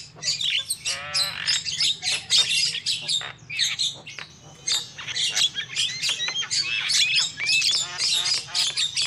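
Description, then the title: Shrill lovebird twittering and rasping squeaks come thick and fast, a few buzzy trilled notes among them, over a low steady hum. Lovebird calls used as a lure for trapping. "PIKAT BURUNG LOVEBIRD"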